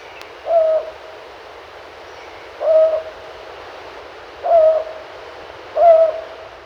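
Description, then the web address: Rufous-banded Owl calling with four deep, even hoots spaced about one to two seconds apart over a faint steady hiss. Recorded in Ecuador. "Birds of Ecuador. Rufous-Banded Owl"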